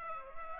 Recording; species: mosquito wingbeat signal from an infrared sensor; Culex pipiens